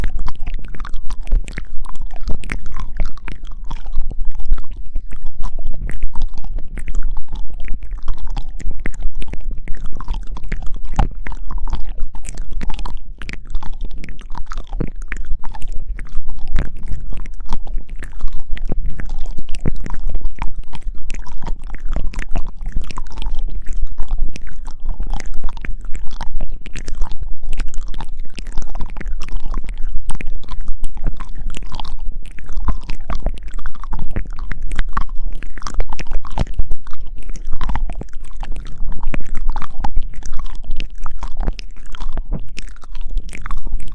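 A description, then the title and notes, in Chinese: Dense, continuous wet mouth sounds and ear licking, steady, with rapid sticky clicks and smacks throughout over a soft low rumble. ASMR口腔音 环绕舔耳 姐妹双人舔耳 口腔音 无人声 立体声 stereo 浓密舔耳 Lick your ears No voice。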